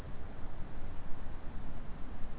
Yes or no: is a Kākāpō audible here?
no